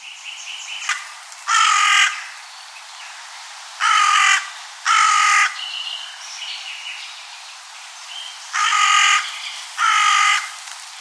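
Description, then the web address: Carrion crow calling with five harsh, grating caws, mostly in pairs, while faint whistled notes from other birds sound in between. "Oiseaux oiseau Corneille"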